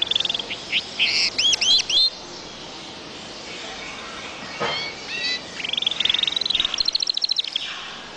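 Bird song opening with bright arched whistles, then a quiet stretch, a few soft notes, and a fast trill of repeated high notes.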